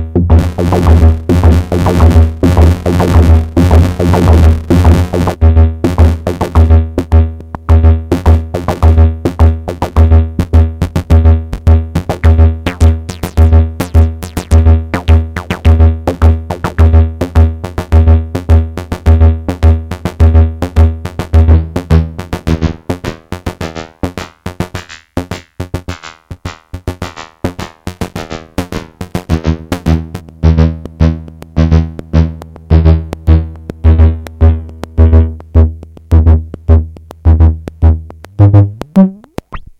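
Hard blips click in rapid, regular succession over a low, steady droning hum with layered buzzing tones above it. Around the middle the low hum drops out and the blips thin, then the drone returns before a short rising sweep at the end.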